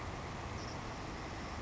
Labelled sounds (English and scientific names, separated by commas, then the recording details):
Savannah Sparrow (Passerculus sandwichensis)
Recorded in Sonoma County, California